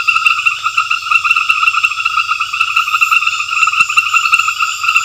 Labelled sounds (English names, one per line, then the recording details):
none
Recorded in secondary vegetation near Puerto Asís, Putumayo, Colombia, on 28 February 2025 at 20:30
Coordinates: 0.498, -76.327
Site G001